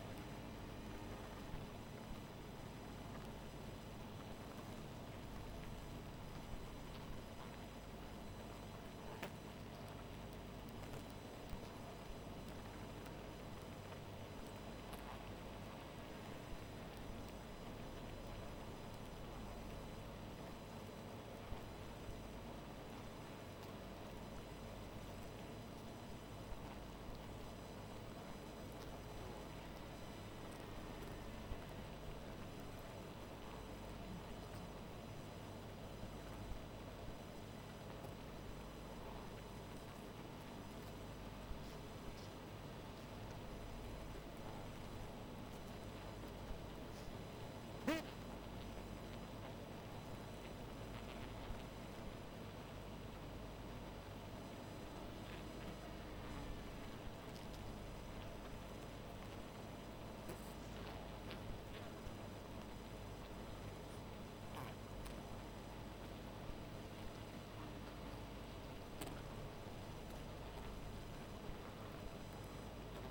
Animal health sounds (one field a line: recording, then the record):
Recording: honeybee colony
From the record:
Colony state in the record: missing queen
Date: 14 July 2017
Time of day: 1:24